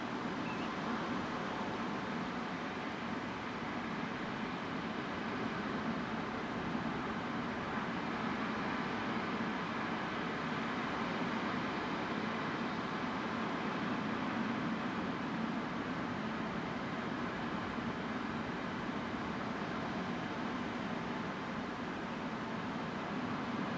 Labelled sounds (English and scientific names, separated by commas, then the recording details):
Common Ringed Plover (Charadrius hiaticula)
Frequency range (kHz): Common Ringed Plover (Charadrius hiaticula) 2.4-3.0 kHz
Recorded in France